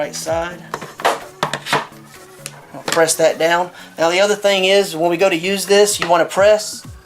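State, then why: Not seated. Someone talks while handling the plastic lid of a Newinner food vacuum sealer, getting ready to press it down so it latches onto its base with a click at each end. A few brief handling knocks are heard, but nothing has seated or clicked yet, and the lid is not yet locked closed.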